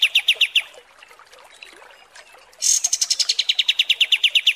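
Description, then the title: Kapas tembak trill: a few quick chips, a pause with soft background notes, then a sharp high note leading into a fast repeated series. Masteran training song for songbirds; a high-quality 'kapas tembak' song type. "Masteran Kapas Tembak Mewah"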